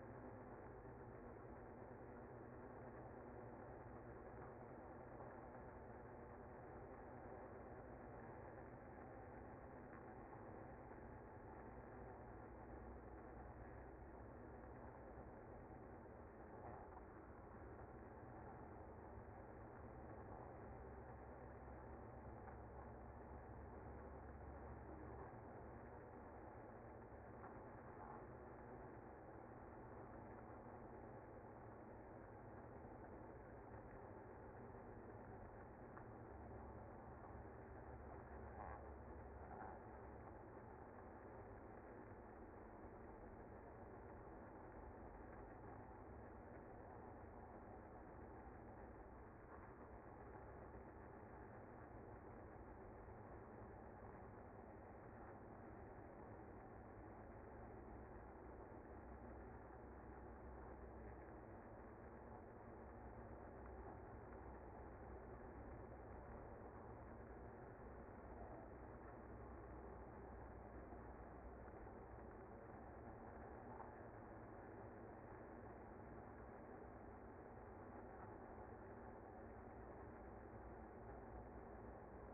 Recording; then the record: honeybee colony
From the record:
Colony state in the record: active